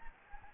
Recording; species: mosquito wingbeat signal from an infrared sensor; Anopheles gambiae